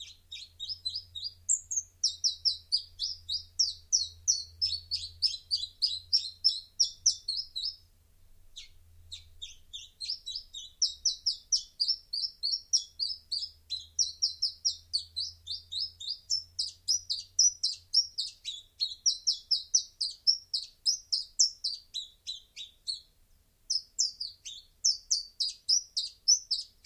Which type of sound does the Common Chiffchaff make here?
song